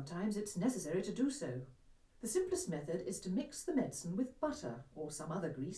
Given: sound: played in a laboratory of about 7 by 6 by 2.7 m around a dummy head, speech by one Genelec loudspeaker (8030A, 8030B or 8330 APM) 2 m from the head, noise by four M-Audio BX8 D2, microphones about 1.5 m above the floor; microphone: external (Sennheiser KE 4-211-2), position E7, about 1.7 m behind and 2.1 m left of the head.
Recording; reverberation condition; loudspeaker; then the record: female speech in English; low; 120 degrees to the right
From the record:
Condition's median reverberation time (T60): about 310 ms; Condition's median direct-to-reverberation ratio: about 3.5 dB